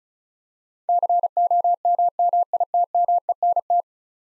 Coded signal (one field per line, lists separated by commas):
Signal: Morse code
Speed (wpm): 36 wpm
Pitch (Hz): 700 Hz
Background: none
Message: COMMITMENT